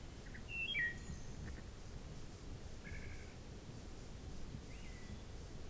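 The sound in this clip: Wood thrush giving one soft, rolling whistled phrase early on, followed by faint scattered notes. Low rumbling noise runs throughout.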